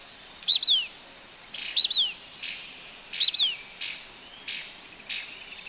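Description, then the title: Blackish pewee calls: a sharp high note followed by a short descending slurred note, repeated three times about every one and a half seconds over a steady insect hiss. Nominate subspecies nigrescens. "LuckyPassaro Completos2Sama. Blackish Pewee (Contopus nigrescens nigrescens)"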